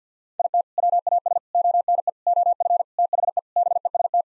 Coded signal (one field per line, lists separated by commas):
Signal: Morse code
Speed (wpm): 50 wpm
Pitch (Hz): 700 Hz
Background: none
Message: IT WAS ONE OF THE BEST